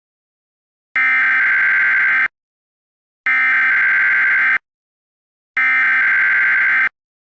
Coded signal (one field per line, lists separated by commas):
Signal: Emergency Alert System (SAME) tones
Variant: header bursts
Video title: EAS Scenario #10: Superstorm 2023